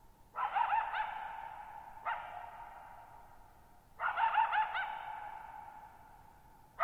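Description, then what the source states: Coyote calling with wavering, warbled yips in two main bursts with a single bark between them and another call starting at the end, each followed by a long drawn-out echo in near silence. Lone coyote at night, July 14, 2019, Thirtymile Meadows, Okanogan National Forest (Okanogan High Country), Pacific Northwest, 6400 ft; high, mostly dry plateau among tall mountains; shallow bowl-shaped meadows over boggy ground.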